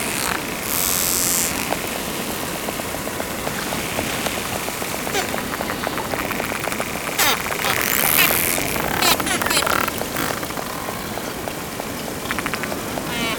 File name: Grampo